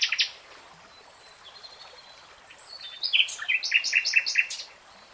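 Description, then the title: Nightingale song: a short burst of high notes, a quiet pause with faint whistles, then a rapid run of about six sharp repeated notes. Real-time recording. "[Tiếng chim hót] Nightingale Singing"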